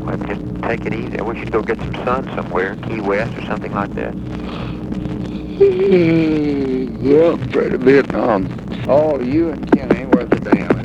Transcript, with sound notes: Just take it easy; I wish you’d go get some sun somewhere. Key West or something like that.
[Yawns.] I’m afraid of Vietnam. Paul, you and Kenny aren’t worth a damn.